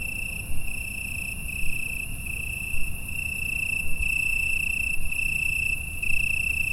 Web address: pelouse 12 Grillons Italie 2016-09-06 21 h concerto